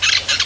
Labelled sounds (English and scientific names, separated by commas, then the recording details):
Brown-throated Parakeet (Eupsittula pertinax) contact call
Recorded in Venezuela
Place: Guárico; Corozopando; Fundo La Fe
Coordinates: 8.506, -67.593